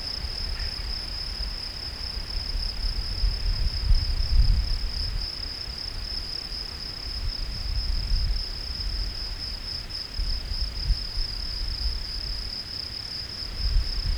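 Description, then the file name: Field cricket song, a continuous high trill, with gusty low rumbling that swells and fades throughout. "Gryllus campestris"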